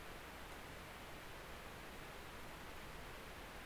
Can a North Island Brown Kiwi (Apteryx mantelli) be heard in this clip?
no